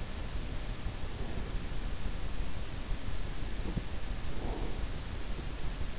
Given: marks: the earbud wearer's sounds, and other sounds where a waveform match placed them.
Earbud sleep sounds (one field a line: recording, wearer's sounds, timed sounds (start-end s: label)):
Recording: sounds in sleep by an in-ear microphone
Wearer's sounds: breath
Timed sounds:
3.62-4.95 s: breath